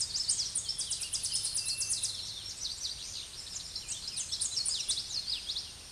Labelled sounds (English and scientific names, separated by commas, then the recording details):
Tennessee Warbler (Leiothlypis peregrina) song
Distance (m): 20 m
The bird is about 5 m below the microphone
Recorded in a Pennsylvania forest on 16 May 2024 at 07:49
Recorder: AudioMoth, point MSD-0665
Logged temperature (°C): 16.1 °C
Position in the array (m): 83 m, 75 m